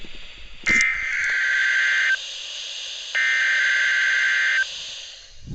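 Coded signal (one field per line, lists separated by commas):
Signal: Emergency Alert System (SAME) tones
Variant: header bursts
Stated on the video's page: Required weekly tests received on NOAA Weather Radio.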